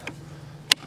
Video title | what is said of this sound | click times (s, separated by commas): Alphard Golf Club Booster V2 Electric Push Golf Cart Review. The Best Electric Push Cart E-Wheels V2 | then you pull this lever back and it snaps into place. | 0.7 s